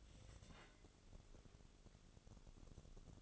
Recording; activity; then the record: daily activity, microphone in the room; take from stove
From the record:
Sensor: 4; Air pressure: 1008.8 hPa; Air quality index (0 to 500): 128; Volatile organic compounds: 1 ppm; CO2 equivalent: 935 ppm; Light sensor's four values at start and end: 11/24/9/9 and 11/24/9/9